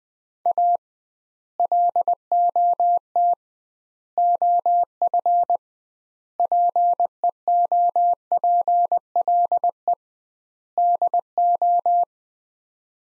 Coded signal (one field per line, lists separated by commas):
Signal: Morse code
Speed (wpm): 20 wpm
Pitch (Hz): 700 Hz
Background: none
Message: A LOT OF PEOPLE DO